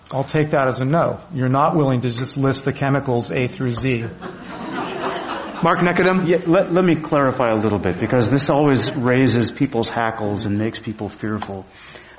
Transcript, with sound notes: I'll take that as a no. You're not willing to just list the chemicals A through Z.
[Laughter]
Mark Nechodom?
Yeah. Let me clarify a little bit because this always raises people's hackles and makes people fearful.